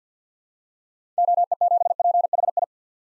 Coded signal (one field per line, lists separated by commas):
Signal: Morse code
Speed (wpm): 50 wpm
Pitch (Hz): 700 Hz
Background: none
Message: OE7PHI